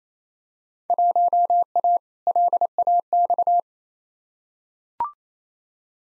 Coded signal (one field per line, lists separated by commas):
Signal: Morse code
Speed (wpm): 28 wpm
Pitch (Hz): 700 Hz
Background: none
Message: 1A LAX